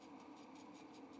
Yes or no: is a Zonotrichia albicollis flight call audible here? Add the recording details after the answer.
no. No flight call is heard. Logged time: 11:59 on 2 December 2014